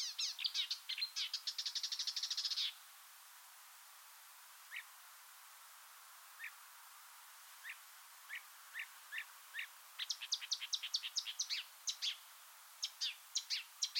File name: suara-kicauan-burung-marsh-warbler -omkicau